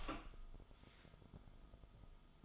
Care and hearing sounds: daily activity, microphone in the room; open door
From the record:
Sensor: 5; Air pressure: 1004.9 hPa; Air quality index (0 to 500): 104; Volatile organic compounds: 2 ppm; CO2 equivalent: 1271 ppm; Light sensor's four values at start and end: 35/81/32/31 and 35/80/32/31

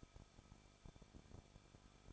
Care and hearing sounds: daily activity, microphone in the room; no activity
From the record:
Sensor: 5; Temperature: 20.9 degrees Celsius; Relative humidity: 38.2%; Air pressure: 1006.5 hPa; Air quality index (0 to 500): 187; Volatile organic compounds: 18 ppm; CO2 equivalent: 2626 ppm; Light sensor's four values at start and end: 2/3/1/1 and 2/3/1/1

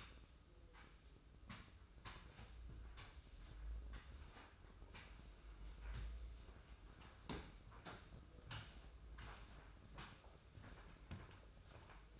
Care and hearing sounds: daily activity, microphone in the room; sweep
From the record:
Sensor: 2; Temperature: 24.2 degrees Celsius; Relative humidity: 31.4%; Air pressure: 995.8 hPa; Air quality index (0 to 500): 93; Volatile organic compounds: 5 ppm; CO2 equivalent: 1716 ppm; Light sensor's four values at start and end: 25/79/32/30 and 25/80/32/31

